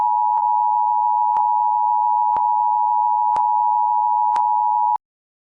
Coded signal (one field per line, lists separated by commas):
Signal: Emergency Alert System (SAME) tones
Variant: 853 and 960 Hz attention tone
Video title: "Everyone In McKinney is Dead." EAS Alert